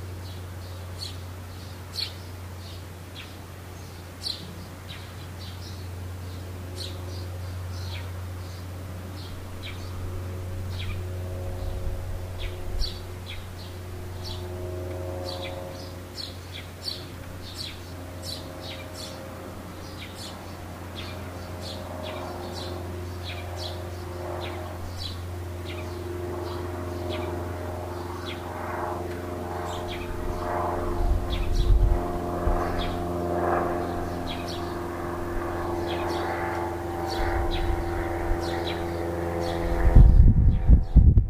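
Birds chirp in short, bright calls scattered through the recording, repeating irregularly over a steady low engine-like hum that runs the whole time. The hum thickens and grows louder after the halfway point, and a few sharp knocks land near the very end.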